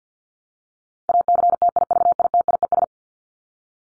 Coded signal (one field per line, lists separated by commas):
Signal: Morse code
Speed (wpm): 50 wpm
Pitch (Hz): 700 Hz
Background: none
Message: ACTIVITIES